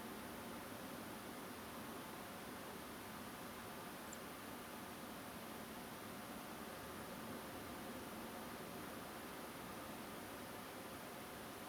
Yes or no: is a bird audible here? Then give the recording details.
yes. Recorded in France